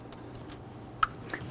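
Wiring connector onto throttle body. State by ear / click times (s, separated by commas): seated / 1.0 s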